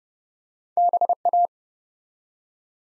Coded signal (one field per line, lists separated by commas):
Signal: Morse code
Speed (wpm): 30 wpm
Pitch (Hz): 700 Hz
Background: none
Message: BA